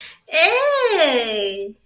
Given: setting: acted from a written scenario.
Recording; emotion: vocal sound without words; triumph